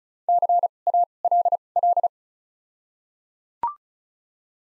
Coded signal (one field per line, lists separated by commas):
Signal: Morse code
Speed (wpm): 34 wpm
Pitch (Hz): 700 Hz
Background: none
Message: C A L L